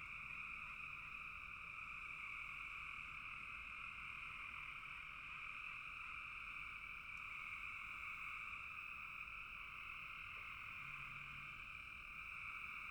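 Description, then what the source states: Frogs in full chorus, a smooth continuous trilling drone in two layered pitches, unchanging throughout, with a faint low hum late on. Frogs in a bog.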